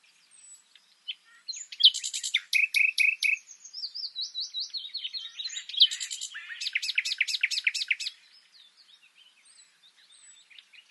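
Common nightingale singing two similar phrases of rapid sharp repeated notes, linked by quick chattering warbles.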